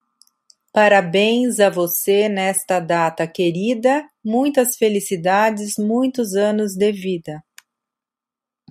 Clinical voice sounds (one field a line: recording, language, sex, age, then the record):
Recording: short text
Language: Brazilian Portuguese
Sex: female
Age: 40 to 49 years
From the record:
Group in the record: control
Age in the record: 49 years